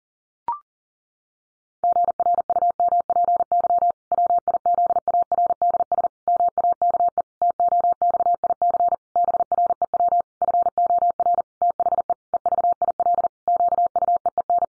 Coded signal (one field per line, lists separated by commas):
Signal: Morse code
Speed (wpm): 37 wpm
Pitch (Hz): 700 Hz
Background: none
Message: GRUMPY WIZARDS MAKE TOXIC BREW FOR THE EVIL QUEEN